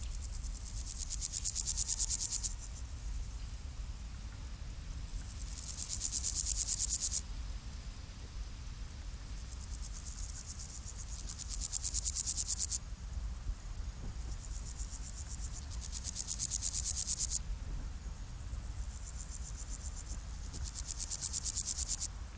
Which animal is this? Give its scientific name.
Chorthippus parallelus